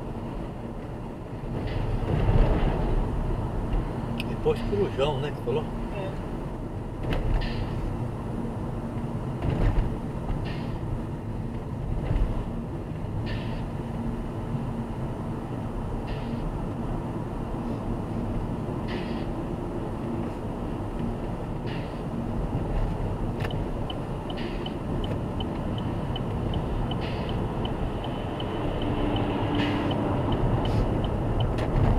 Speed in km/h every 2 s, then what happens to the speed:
57, 56, 54, 53, 52, 52, 54, 59, 62, 62, 62, 64, 64, 71, 82, 88.
0-11 steady at about 53. 11-15 speeds up to 62. 15-24 steady at about 62. 24-32 speeds up to 88.